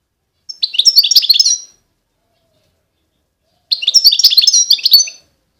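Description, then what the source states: European goldfinch singing two quick, jangling twittered phrases separated by a quiet gap. Wild bird.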